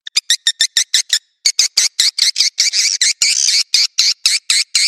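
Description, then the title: Swiftlet calls: a quick series of short buzzy chirps, a brief pause, then longer, harsher buzzing notes in a rapid run. "Suara Burung Wallet"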